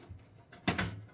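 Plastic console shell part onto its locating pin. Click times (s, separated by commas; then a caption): 0.7 s. A plastic part of an NES console shell is pressed down over its locating pin. After a faint tap at 0.5 s, a sharp plastic snap comes at 0.7 s, followed by a softer knock at 0.8 s. The part seats at 0.7 s.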